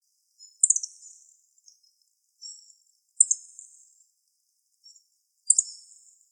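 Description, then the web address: Yellow-throated bunting giving short, very high, thin ticking calls, each a quick sharp note trailing off, repeated about every two to three seconds in an otherwise silent background. Recorded 26 December 2014. "birdenaga miyamahojiro"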